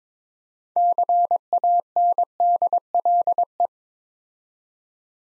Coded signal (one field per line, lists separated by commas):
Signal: Morse code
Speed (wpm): 22 wpm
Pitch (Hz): 700 Hz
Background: none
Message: CANDLE